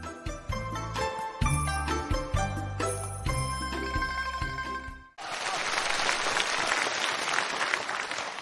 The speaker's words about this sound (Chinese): 感谢大家的掌声啊！